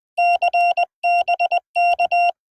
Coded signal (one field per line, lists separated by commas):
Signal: Morse code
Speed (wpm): 20 wpm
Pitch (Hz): 2750 Hz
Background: none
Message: CBK